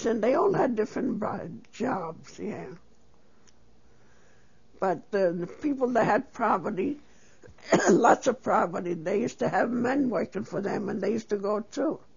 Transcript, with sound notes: They all had different jobs, yeah. But, uh, the people that had property, ( she coughs ) lots of property, they used to have men working for them and they used to go, too.